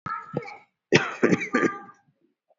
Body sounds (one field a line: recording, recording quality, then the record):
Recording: heavy voluntary cough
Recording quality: excellent, no background noise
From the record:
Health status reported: COVID-19 positive, no symptoms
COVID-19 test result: positive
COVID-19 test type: RT-PCR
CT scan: taken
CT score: 2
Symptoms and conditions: cold, fever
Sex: male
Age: 37 years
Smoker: no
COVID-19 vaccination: one dose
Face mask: worn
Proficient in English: yes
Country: India